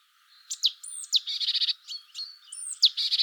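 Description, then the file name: Great tit calls: thin falling notes and buzzy churring rattles running together almost continuously. "Parus major"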